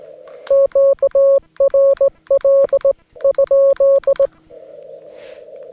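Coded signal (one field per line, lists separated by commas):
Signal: Morse code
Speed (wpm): 18 wpm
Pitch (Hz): 550 Hz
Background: none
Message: QRL?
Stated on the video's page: POTA CW activation from Pinnacles National Park: Yaesu FT-891, 50 watts, US Morse straight key, 17-ft whip on tripod, battery power.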